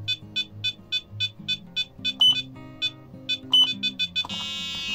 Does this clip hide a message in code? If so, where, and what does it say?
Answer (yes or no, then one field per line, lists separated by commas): no